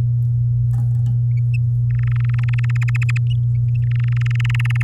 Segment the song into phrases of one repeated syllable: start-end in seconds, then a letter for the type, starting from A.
1.90-2.77 A, 2.81-3.18 B, 3.83-4.83 A